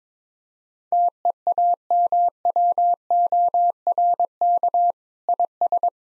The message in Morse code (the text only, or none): TEAMWORK IS